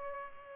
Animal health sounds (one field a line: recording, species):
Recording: mosquito wingbeat signal from an infrared sensor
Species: Culex pipiens